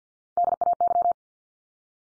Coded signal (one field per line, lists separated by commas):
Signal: Morse code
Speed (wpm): 50 wpm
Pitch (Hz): 700 Hz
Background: none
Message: DAY